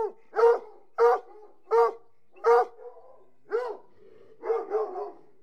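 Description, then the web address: Hunting hounds giving sharp, pitched whining yelps at a steady pace, then softer, drawn-out whines toward the end. A pack of about 60 hunting hounds whining. "BBC Sound Effects Library. Hunting Hounds"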